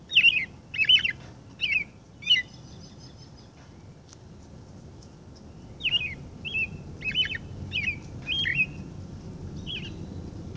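Robin singing slurred whistled phrases: a burst at the start, a quiet gap of a few seconds, then another run of phrases.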